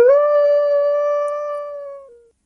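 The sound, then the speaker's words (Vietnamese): A single long, steady howl of a wolf over a desolate, silent plain, holding one clear pitch with bright harmonics before dipping slightly and fading out after about two seconds, with no other sounds. “Tiếng sói tru quanh quẩn ở trên cánh đồng hoang vu tĩnh lặng, nhất thời khiến cuồng phong mãnh liệt lên”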